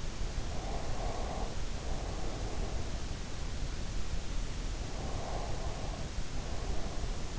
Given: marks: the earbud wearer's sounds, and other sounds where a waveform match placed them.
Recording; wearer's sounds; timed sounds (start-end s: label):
sounds in sleep by an in-ear microphone; breath
0.16-3.23 s: breath
4.58-7.39 s: breath